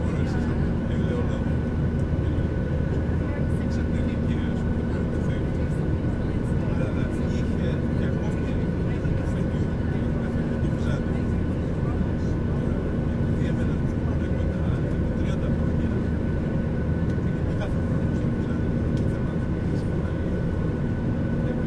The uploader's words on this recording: This week features a flight from London Stanstead airport to the Greek island of Skiathos. Binaural. Boarding the Airbus, through to takeoff and a little bit of cruising.